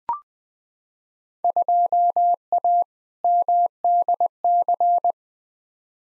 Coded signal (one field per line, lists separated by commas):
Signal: Morse code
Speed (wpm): 21 wpm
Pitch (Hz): 700 Hz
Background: none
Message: 2A MDC